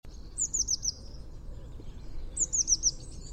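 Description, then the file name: Eurasian blue tit calls: two quick bursts of about four thin, very high, downslurred notes, about two seconds apart, over a low background hum. "Cyanistes caeruleus"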